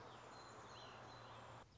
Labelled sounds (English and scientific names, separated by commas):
Song Sparrow (Melospiza melodia)